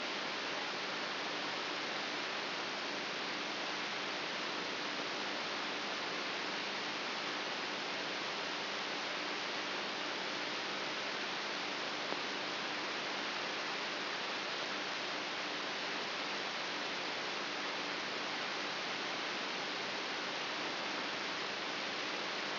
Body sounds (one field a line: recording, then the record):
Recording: brain microelectrode recording played as sound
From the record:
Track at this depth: inside the subthalamic nucleus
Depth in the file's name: 3.04 mm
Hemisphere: right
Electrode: 3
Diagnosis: Parkinson's disease